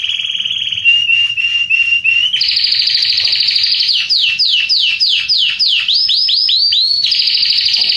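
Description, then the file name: Canary song: a steady trill, a flat whistled tone, then rapid repeated swooping notes leading into a bright buzzing trill. Red Belgian canary. "canto do canario belga vermelho"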